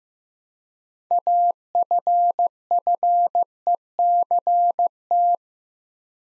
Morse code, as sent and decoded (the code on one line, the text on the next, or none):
.- ..-. ..-. . -.-. -
AFFECT